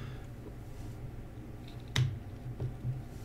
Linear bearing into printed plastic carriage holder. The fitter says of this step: sure you're sliding these so they'll actually snap into place and the